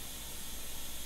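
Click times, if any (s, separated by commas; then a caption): none. A Handy S.A.M. 1200 motorcycle lift is handled while it is being raised so its safety locking bar can drop into a notch and latch. Only a steady, broadband hiss-like noise with a low rumble is heard, with no distinct click or sudden sound. Nothing has seated or clicked yet.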